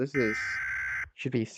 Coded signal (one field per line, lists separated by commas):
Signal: Emergency Alert System (SAME) tones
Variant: header bursts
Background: speech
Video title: Watching more EAS Scenarios